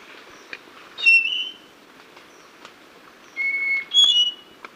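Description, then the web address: Spotted nightingale-thrush song of pure whistled notes, one falling phrase followed by a level whistle and a quick higher slurred phrase, with soft background hiss. Recorded in Ecuador, South America. "Natures Songs S America Birds of Ecuador Spotted Nightingale-Thrush"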